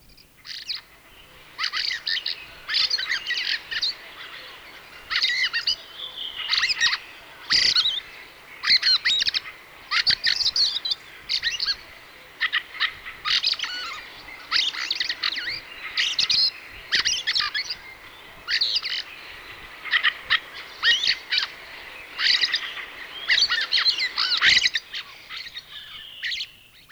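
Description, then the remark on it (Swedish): A fieldfare chatters and squeaks in repeated harsh, scratchy bursts, with rattling calls mixed into its jumbled, high-pitched song, steady and fairly loud throughout with brief gaps between phrases. “Det var björktrast, nu följer koltrast.”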